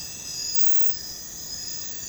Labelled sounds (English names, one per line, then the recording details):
none
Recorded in secondary vegetation near Puerto Asís, Putumayo, Colombia, on 21 December 2024 at 01:30
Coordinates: 0.499, -76.323
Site G010